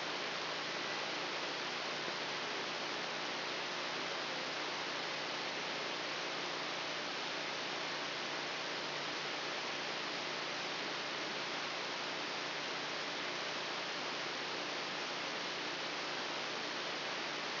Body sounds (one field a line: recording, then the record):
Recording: brain microelectrode recording played as sound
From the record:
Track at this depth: outside the subthalamic nucleus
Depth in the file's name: 6.004 mm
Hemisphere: left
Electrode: 3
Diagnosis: Parkinson's disease